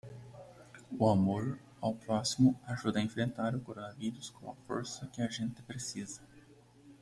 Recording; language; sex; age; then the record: spoken sentence; Brazilian Portuguese; male; 20 to 29 years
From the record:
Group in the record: control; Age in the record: 25 years